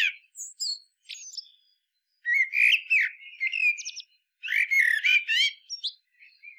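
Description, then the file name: Common blackbird singing high, squeaky twitters, then two strong bouts of warbling, fluty notes mixed with scratchy trills. "Turdus merula"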